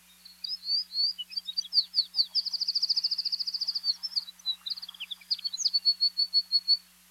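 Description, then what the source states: Yellow-fronted canary song: a lively, high sweet warble of varied chirps and a fast rattling trill mid-phrase, ending in evenly spaced repeated notes. Intentionally introduced from sub-Saharan Africa to Oahu and Hawaii Island in the mid-1960s; common near towns and cities; spends much time singing.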